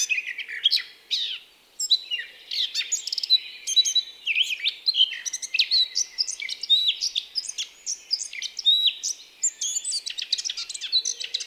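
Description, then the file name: Eurasian blackcap warbling steadily in a dense, scratchy stream of quick high notes, chattering and twittering with brief squeaky whistles and barely a pause throughout. "Sylvia atricapilla"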